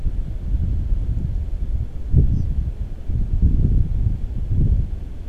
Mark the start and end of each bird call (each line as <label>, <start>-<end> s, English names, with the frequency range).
European Pied Flycatcher (4.0-6.9 kHz), 2.32-2.46 s